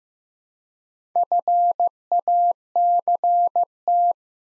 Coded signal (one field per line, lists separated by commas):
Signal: Morse code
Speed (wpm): 15 wpm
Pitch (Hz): 700 Hz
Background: none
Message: FACT